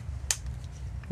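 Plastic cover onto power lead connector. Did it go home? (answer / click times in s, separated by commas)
yes / 0.3 s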